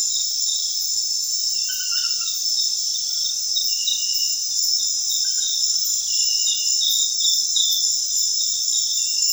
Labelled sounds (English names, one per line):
none